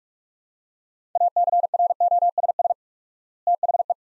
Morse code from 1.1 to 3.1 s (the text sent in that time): ACROSS